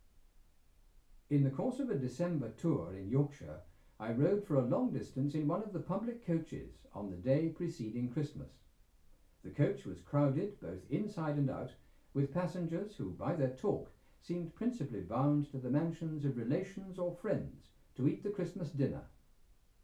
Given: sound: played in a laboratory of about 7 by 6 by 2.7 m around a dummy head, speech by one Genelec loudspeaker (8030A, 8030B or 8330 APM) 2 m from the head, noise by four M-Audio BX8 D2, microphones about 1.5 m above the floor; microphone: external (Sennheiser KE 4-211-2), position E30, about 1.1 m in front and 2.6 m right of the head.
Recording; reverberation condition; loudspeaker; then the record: male speech in English; low; 90 degrees to the right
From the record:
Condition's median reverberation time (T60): about 310 ms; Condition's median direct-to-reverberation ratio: about 3.5 dB